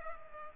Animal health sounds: mosquito wingbeat signal from an infrared sensor; Culex pipiens

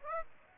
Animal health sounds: mosquito wingbeat signal from an infrared sensor; Aedes aegypti

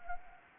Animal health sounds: mosquito wingbeat signal from an infrared sensor; Anopheles gambiae

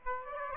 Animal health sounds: mosquito wingbeat signal from an infrared sensor; Aedes aegypti

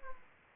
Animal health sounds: mosquito wingbeat signal from an infrared sensor; Aedes aegypti

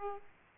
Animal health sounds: mosquito wingbeat signal from an infrared sensor; Aedes aegypti

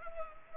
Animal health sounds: mosquito wingbeat signal from an infrared sensor; Culex pipiens

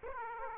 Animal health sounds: mosquito wingbeat signal from an infrared sensor; Aedes aegypti

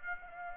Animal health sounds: mosquito wingbeat signal from an infrared sensor; Aedes aegypti

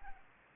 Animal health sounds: mosquito wingbeat signal from an infrared sensor; Anopheles arabiensis

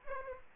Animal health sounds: mosquito wingbeat signal from an infrared sensor; Aedes aegypti

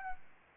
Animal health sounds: mosquito wingbeat signal from an infrared sensor; Aedes albopictus

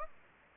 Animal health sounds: mosquito wingbeat signal from an infrared sensor; Anopheles gambiae

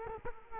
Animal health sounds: mosquito wingbeat signal from an infrared sensor; Culex quinquefasciatus

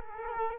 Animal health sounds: mosquito wingbeat signal from an infrared sensor; Culex quinquefasciatus

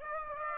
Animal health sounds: mosquito wingbeat signal from an infrared sensor; Aedes aegypti

